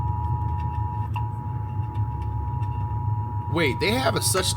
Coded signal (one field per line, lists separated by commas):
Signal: Emergency Alert System (SAME) tones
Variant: 853 and 960 Hz attention tone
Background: speech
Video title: Reacting To Rare & SCARY Disturbing EAS Alerts Explained!